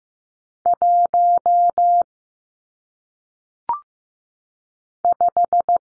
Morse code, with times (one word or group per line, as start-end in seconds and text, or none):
0.7-2.0 1
5.0-5.8 5